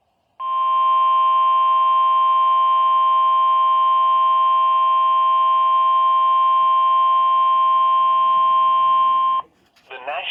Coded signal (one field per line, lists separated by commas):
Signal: Emergency Alert System (SAME) tones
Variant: 1050 Hz attention tone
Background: speech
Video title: STARLESS II - EAS Alerts from 5/26/24 #52-61